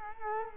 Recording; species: mosquito wingbeat signal from an infrared sensor; Culex quinquefasciatus